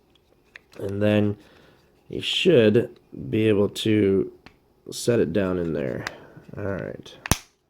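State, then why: Not seated. Someone talks while handling the plastic HVAC temperature actuator from a 2004–2008 Pontiac Grand Prix, lining up the gear shafts before squeezing the actuator housing cover onto the actuator housing. Small handling taps and a brief sharp sound near the end are heard between the speech, but nothing has seated or clicked yet.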